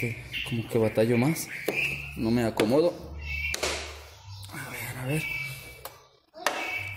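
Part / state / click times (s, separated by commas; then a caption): VVT gear sleeve into the engine camshaft/VVT assembly / seated / 6.5 s. A VVT gear sleeve is pressed by hand into the engine's camshaft/VVT assembly during reassembly while someone talks. After some brief knocks and handling noises, a sharp click at 6.5 s marks the sleeve seating in place.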